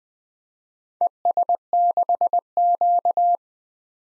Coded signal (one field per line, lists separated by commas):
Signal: Morse code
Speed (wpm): 20 wpm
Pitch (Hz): 700 Hz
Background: none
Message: ES6Q